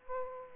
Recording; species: mosquito wingbeat signal from an infrared sensor; Aedes aegypti